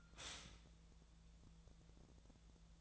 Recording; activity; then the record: daily activity, microphone in the room; stop toaster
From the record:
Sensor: 3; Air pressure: 1000.2 hPa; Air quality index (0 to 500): 153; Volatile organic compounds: 3 ppm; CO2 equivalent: 1350 ppm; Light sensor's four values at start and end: 38/97/41/44 and 38/97/40/44